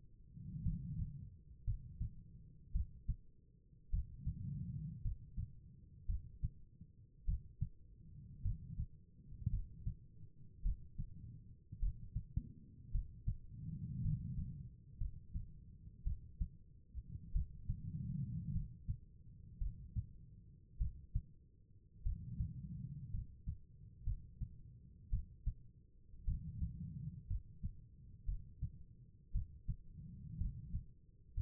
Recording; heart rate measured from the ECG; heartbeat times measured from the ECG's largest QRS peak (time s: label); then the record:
heart sounds by stethoscope; 55 bpm
0.63 s: heartbeat
1.65 s: heartbeat
2.72 s: heartbeat
3.90 s: heartbeat
5.02 s: heartbeat
6.06 s: heartbeat
7.25 s: heartbeat
8.42 s: heartbeat
9.50 s: heartbeat
10.63 s: heartbeat
11.80 s: heartbeat
12.92 s: heartbeat
14.02 s: heartbeat
14.98 s: heartbeat
16.04 s: heartbeat
17.32 s: heartbeat
18.52 s: heartbeat
19.58 s: heartbeat
20.78 s: heartbeat
22.03 s: heartbeat
23.11 s: heartbeat
24.04 s: heartbeat
25.10 s: heartbeat
26.25 s: heartbeat
27.27 s: heartbeat
28.25 s: heartbeat
29.32 s: heartbeat
30.38 s: heartbeat
31.34 s: heartbeat
From the record:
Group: healthy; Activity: rest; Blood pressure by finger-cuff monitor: 91/53 mmHg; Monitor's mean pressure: 65 mmHg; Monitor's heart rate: 54 bpm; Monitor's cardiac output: 4.7 L/min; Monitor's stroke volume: 86 mL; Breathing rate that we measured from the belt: 15 breaths a minute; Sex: female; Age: 36 years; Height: 163 cm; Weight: 88 kg